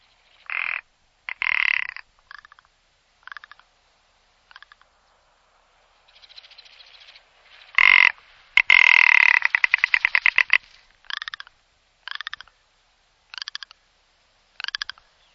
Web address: jean roche lagopede alpin